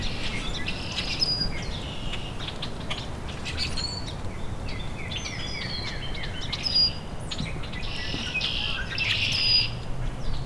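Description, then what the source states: Rusty Blackbird singing high, squeaky creaking notes in irregular bursts, with low rumbling background noise throughout. Male singing a very high-pitched song from dogwood, about 30 minutes after its last songs.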